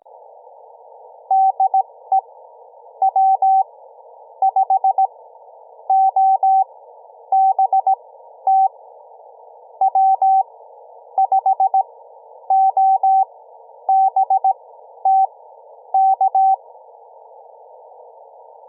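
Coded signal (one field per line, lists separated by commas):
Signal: Morse code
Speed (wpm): 17 wpm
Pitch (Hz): 770 Hz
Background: none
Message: DE W5OBT W5OBT K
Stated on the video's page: 14 WPM CW from a Parks on the Air activation at Monterey State Beach, IC-705 at 10 W, homebrew EFHW inverted vee.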